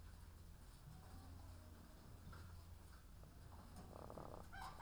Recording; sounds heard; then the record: poultry house recording; sick chickens (respiratory disease)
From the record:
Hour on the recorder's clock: 16